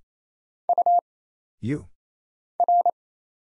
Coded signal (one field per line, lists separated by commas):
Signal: Morse code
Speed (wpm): 27 wpm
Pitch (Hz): 700 Hz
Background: none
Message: U R